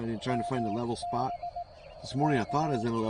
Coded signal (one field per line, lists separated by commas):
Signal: Morse code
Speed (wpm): 18 wpm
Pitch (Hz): 700 Hz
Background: speech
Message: MB K